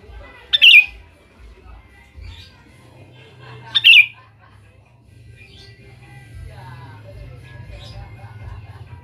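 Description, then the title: Sooty-headed bulbul song: two loud chirpy phrases about three seconds apart, followed by quieter scattered notes over a low hum. "Kutilang"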